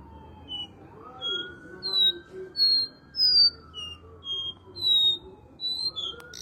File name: canto do caboclinho